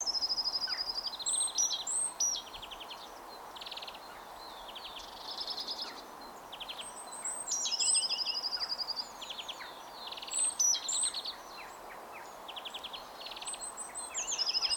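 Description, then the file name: Great tit calls: dry, buzzy bursts repeated every second or two, mixed with high whistled notes and short trills, against a constant hiss. "Parus major"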